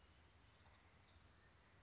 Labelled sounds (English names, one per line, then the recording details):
California Towhee
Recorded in Sonoma County, California